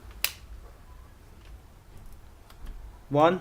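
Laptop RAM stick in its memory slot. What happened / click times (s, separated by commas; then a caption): A small retaining clip snapped open / 0.2 s. The side retaining clips of a laptop RAM stick in its memory slot inside a MacBook Pro are spread apart, and they snap open with a single sharp click at 0.2 s, releasing the stick from its slot. Faint quieter sounds follow, and near the end someone talks.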